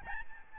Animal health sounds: mosquito wingbeat signal from an infrared sensor; Aedes albopictus

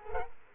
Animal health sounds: mosquito wingbeat signal from an infrared sensor; Culex quinquefasciatus

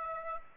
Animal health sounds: mosquito wingbeat signal from an infrared sensor; Aedes aegypti

